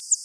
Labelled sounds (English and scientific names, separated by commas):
Northern Parula (Setophaga americana) flight call